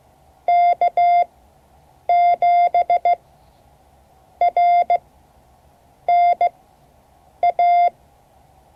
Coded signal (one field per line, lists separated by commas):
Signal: Morse code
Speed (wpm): 15 wpm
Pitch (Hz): 700 Hz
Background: none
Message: K7RNA